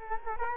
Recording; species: mosquito wingbeat signal from an infrared sensor; Culex quinquefasciatus